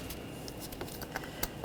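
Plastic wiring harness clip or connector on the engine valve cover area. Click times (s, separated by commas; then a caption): 1.4 s. A plastic wiring harness clip or connector is pushed home on the valve cover area of a 2013-2019 Ford Escape 2.0L L4 engine while parts are being reinstalled. After light handling ticks at 0.5 s and 1.2 s, a sharp click at 1.4 s marks the clip seating, confirmed as clicked in.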